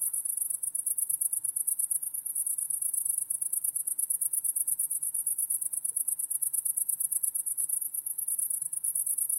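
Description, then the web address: Crickets chirping constantly, a high, thin trill made of quick regular pulses against faint low background noise. Crickets; wide stereo recording. "lynne-publishing Crickets Wide Stereo"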